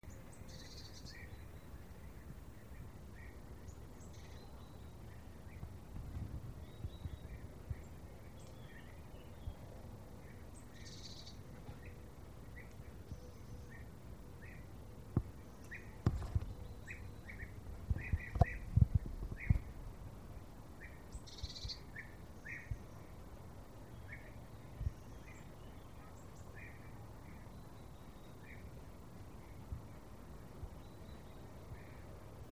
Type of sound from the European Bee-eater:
flight call